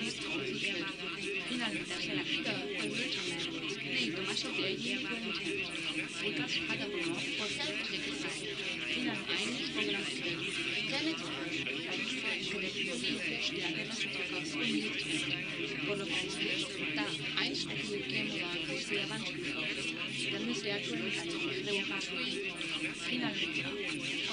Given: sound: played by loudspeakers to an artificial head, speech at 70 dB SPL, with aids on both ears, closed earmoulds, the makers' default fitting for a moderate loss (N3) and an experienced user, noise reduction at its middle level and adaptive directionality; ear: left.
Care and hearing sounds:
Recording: speech test signal (ISTS) in cocktail-party noise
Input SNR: -3 dB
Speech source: on the right (90 degrees)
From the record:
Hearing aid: class 2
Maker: D

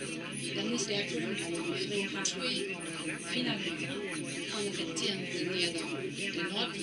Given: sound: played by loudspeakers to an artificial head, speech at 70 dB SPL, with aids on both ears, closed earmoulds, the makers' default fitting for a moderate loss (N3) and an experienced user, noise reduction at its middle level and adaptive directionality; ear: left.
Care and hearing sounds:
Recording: speech test signal (ISTS) in cocktail-party noise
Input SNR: -3 dB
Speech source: on the right (90 degrees)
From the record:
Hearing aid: class 2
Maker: B

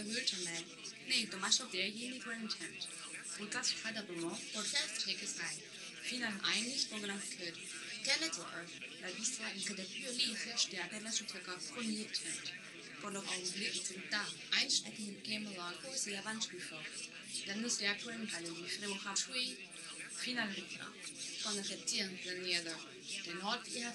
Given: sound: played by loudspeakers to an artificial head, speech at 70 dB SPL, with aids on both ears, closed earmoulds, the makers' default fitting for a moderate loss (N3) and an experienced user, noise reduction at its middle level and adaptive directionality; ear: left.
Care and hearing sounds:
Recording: speech test signal (ISTS) in cocktail-party noise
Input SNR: +6 dB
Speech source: on the right (90 degrees)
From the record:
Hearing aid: class 1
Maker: H

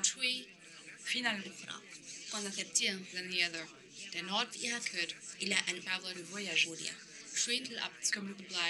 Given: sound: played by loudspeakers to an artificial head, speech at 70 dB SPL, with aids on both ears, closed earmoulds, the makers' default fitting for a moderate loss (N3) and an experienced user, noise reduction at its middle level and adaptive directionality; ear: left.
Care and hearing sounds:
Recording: speech test signal (ISTS) in cocktail-party noise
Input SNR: +9 dB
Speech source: in front (0 degrees)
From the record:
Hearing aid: class 1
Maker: J

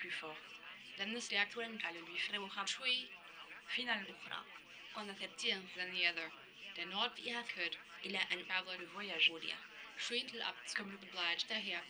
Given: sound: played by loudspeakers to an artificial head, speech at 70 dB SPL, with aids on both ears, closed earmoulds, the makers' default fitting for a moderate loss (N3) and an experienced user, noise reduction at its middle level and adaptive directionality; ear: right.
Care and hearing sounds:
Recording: speech test signal (ISTS) in cocktail-party noise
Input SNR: +9 dB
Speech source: in front (0 degrees)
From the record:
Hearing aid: class 2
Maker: F

